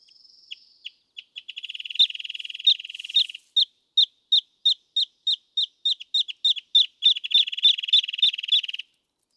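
Wrentit songs: a high note and accelerating pips into a steady trill, then repeated sharp notes spaced evenly, ending in another fast rattling trill.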